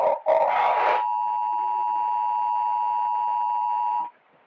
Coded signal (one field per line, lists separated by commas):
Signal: Emergency Alert System (SAME) tones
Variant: 853 and 960 Hz attention tone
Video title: EAS scenario angry joe warns people in the world! Sound Effect